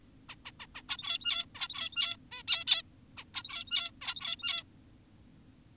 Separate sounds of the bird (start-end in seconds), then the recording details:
0.29-0.36, 0.46-0.52, 0.60-0.67, 0.75-0.82, 0.89-1.46, 1.55-2.17, 2.32-2.43, 2.48-2.64, 2.68-2.82, 3.18-3.24, 3.34-3.91, 4.02-4.64. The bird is an adult. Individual g17y2U